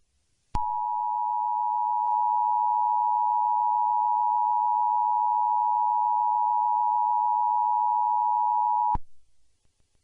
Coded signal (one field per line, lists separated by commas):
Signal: Emergency Alert System (SAME) tones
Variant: 853 and 960 Hz attention tone